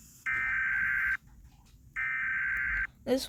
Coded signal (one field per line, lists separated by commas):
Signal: Emergency Alert System (SAME) tones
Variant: header bursts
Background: speech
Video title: Reacting to EAS Scenarios